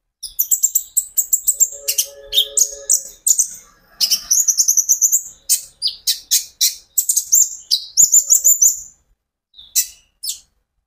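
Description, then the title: Van Hasselt's sunbird singing fast, sharp high chirps in long runs, with thin trills and a faint lower tone in the background. Caged bird, a konin ijoan, singing constantly (gacor); recording meant as a lure and training aid to make untrained sunbirds answer. "KOLIBRI NINJA KONIN IJOAN GACOR COCOK UNTUK PANCINGAN TERAPI KONIN BAHAN PASTI NYAUT"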